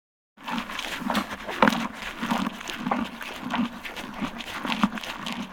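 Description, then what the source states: Horse eating, with crunchy chewing bursts repeating at a steady pace after a brief silent start. Eating grain from a bucket.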